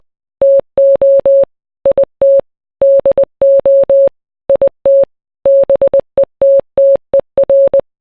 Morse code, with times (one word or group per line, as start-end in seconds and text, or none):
0.4-1.4 TO
1.9-2.4 IT
2.8-4.1 DO
4.5-5.0 IT
5.5-7.8 BETTER